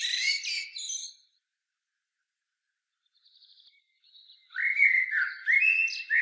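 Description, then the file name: Common blackbird song: a high twittering phrase end, a pause with faint thin notes, then a new phrase of low fluted warbling. "Turdus merula"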